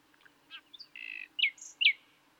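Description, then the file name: Common nightingale song notes: short whistles, a buzzy trill and two sharp downslurred notes, loud and clear. "Luscinia megarhynchos"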